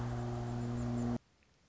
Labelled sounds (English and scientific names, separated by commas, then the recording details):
Red-winged Blackbird (Agelaius phoeniceus)
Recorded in Sonoma County, California